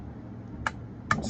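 A bobbin case on a Pfaff 297 sewing machine, held by its release latch, is pushed onto the rotary hook post with its notch to the side. Sharp clicks sound at 0.7 s and 1.1 s as it snaps in and sits flush, seated.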